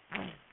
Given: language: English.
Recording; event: throat vibration sensor signal played as sound; throat clearing